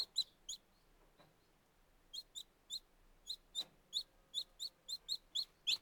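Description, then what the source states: Chicken chicks peeping: a few sharp high notes, a quiet gap, then a steadily repeated series of shrill peeps building to the end. Very young chicks.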